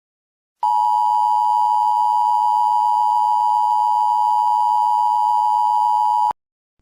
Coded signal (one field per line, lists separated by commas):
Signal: Emergency Alert System (SAME) tones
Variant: 853 and 960 Hz attention tone